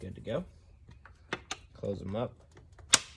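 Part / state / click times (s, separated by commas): spring clip on the engine air filter housing lid / seated / 2.9 s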